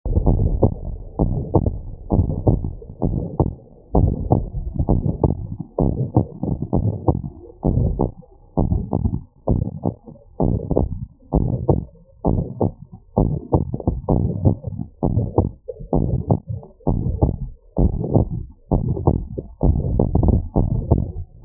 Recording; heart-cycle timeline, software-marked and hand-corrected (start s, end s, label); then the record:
heart sounds
0.00	0.20	diastole
0.20	0.36	S1
0.36	0.44	systole
0.44	0.60	S2
0.60	1.30	diastole
1.30	1.44	S1
1.44	1.54	systole
1.54	1.66	S2
1.66	2.18	diastole
2.18	2.34	S1
2.34	2.46	systole
2.46	2.60	S2
2.60	3.12	diastole
3.12	3.24	S1
3.24	3.30	systole
3.30	3.38	S2
3.38	3.96	diastole
3.96	4.14	S1
4.14	4.22	systole
4.22	4.30	S2
4.30	4.90	diastole
4.90	5.00	S1
5.00	5.06	systole
5.06	5.16	S2
5.16	5.80	diastole
5.80	5.92	S1
5.92	6.00	systole
6.00	6.10	S2
6.10	6.80	diastole
6.80	6.94	S1
6.94	7.06	systole
7.06	7.16	S2
7.16	7.74	diastole
7.74	7.92	S1
7.92	7.98	systole
7.98	8.08	S2
8.08	8.68	diastole
8.68	8.82	S1
8.82	8.90	systole
8.90	9.00	S2
9.00	9.50	diastole
9.50	9.62	S1
9.62	9.68	systole
9.68	9.76	S2
9.76	10.46	diastole
10.46	10.60	S1
10.60	10.72	systole
10.72	10.84	S2
10.84	11.36	diastole
11.36	11.52	S1
11.52	11.64	systole
11.64	11.78	S2
11.78	12.32	diastole
12.32	12.46	S1
12.46	12.58	systole
12.58	12.70	S2
12.70	13.26	diastole
13.26	13.40	S1
13.40	13.52	systole
13.52	13.64	S2
13.64	14.18	diastole
14.18	14.34	S1
14.34	14.44	systole
14.44	14.56	S2
14.56	15.14	diastole
15.14	15.28	S1
15.28	15.36	systole
15.36	15.48	S2
15.48	16.06	diastole
16.06	16.20	S1
16.20	16.28	systole
16.28	16.38	S2
16.38	17.02	diastole
17.02	17.16	S1
17.16	17.20	systole
17.20	17.32	S2
17.32	17.84	diastole
17.84	18.00	S1
18.00	18.12	systole
18.12	18.24	S2
18.24	18.86	diastole
18.86	18.98	S1
18.98	19.04	systole
19.04	19.14	S2
19.14	19.64	diastole
19.64	19.80	S1
19.80	19.90	systole
19.90	20.06	S2
20.06	20.64	diastole
20.64	20.80	S1
20.80	20.90	systole
20.90	21.00	S2
21.00	21.45	diastole
From the record:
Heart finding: abnormal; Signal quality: good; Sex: female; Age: 64 years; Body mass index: 23.8